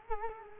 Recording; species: mosquito wingbeat signal from an infrared sensor; Culex quinquefasciatus